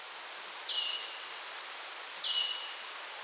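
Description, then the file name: Marsh tit giving two calls, each a bright high note swooping down into a lower sustained tone, against soft hissing noise. "Poecile palustris"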